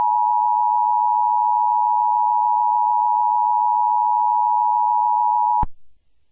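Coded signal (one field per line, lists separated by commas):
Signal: Emergency Alert System (SAME) tones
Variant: 853 and 960 Hz attention tone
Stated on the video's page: Fictional zombie EAS scenario, a simulated alert rather than a real broadcast.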